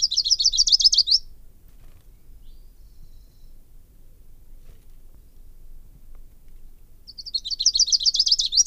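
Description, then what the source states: Lucy's warbler song: a high, buzzy, rapidly pulsed trill heard at the start and again near the end, with a quiet pause between. Recorded in 1997.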